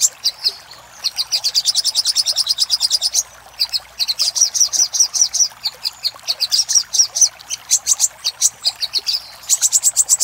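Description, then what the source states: Little spiderhunter: brisk trains of high, tinny notes, several repeated series with short breaks, the last run pitched higher. Master recording for training cage birds, titled Labaik.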